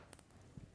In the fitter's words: right here and you want to be SuperDuper sure that you pull it all the way down it kind of snaps down at the end to